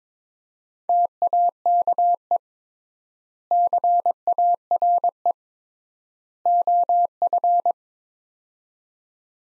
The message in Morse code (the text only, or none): TAKE CARE OF